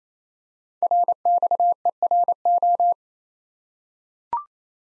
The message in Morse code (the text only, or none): RXERO